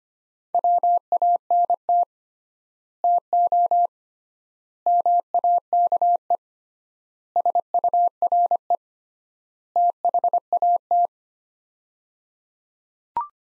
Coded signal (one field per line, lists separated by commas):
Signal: Morse code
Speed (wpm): 25 wpm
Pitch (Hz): 700 Hz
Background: none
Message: WANT TO MAKE SURE THAT